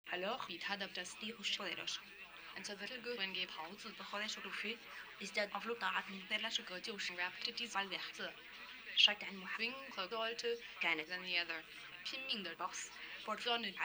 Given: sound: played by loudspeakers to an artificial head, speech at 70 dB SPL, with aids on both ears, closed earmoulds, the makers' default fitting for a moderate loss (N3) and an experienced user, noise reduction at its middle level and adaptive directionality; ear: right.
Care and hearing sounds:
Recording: speech test signal (ISTS) in cocktail-party noise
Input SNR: +9 dB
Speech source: on the right (90 degrees)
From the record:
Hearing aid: class 2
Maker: F

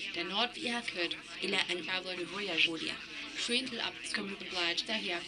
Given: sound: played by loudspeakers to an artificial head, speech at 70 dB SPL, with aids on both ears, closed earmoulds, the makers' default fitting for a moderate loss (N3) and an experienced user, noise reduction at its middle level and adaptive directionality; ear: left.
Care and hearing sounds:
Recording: speech test signal (ISTS) in cocktail-party noise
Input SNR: +9 dB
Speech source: in front (0 degrees)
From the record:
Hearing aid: class 2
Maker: D

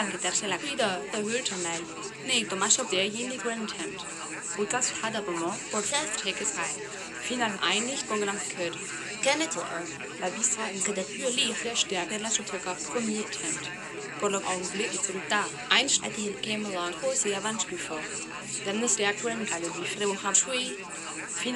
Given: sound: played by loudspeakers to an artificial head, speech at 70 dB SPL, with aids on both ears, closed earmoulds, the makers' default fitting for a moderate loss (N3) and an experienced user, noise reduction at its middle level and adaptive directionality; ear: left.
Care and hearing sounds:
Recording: speech test signal (ISTS) in cocktail-party noise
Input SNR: -3 dB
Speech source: in front (0 degrees)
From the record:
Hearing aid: class 2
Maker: E

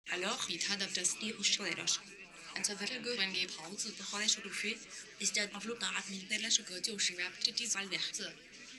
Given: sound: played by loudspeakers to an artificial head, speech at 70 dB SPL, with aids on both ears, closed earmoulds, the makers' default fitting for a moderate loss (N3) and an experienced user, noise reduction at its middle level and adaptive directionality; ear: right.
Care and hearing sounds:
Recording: speech test signal (ISTS) in cocktail-party noise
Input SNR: +9 dB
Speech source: in front (0 degrees)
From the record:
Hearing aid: class 1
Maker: J

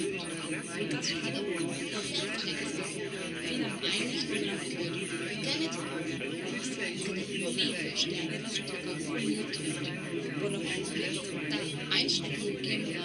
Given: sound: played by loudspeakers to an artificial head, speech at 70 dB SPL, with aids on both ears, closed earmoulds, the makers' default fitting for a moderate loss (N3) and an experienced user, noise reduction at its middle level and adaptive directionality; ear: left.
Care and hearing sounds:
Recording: speech test signal (ISTS) in cocktail-party noise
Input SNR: -6 dB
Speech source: on the right (90 degrees)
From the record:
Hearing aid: class 2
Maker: B

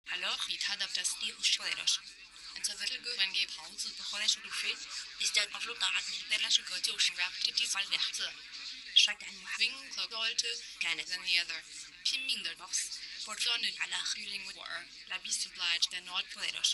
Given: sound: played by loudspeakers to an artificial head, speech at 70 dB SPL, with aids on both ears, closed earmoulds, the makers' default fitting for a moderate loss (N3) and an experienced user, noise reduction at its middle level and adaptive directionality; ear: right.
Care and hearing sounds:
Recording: speech test signal (ISTS) in cocktail-party noise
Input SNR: +6 dB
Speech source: on the right (90 degrees)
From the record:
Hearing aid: class 2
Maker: H

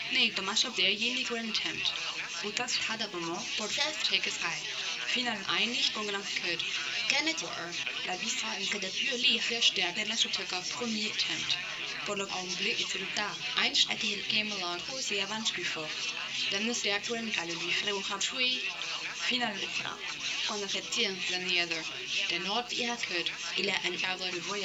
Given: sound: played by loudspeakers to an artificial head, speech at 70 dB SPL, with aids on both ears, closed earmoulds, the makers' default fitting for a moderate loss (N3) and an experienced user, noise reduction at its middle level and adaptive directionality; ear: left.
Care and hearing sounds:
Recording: speech test signal (ISTS) in cocktail-party noise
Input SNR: +9 dB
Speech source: in front (0 degrees)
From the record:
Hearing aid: class 1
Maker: A

